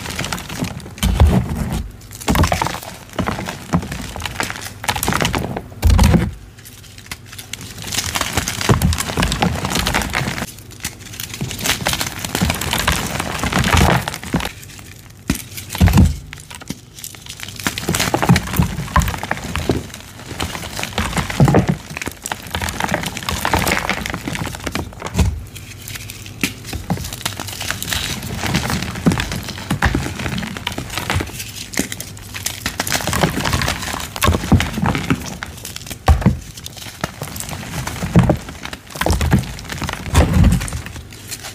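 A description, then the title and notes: Baby oil gym chalk being crushed, with dense crinkling and crumbling textures running throughout. Bursts of sharp crackling come every few seconds, with brief quieter gaps near 6, 15 and 25 seconds, over a low, steady rumble. Baby Oil Gym Chalk Crushing Compilation.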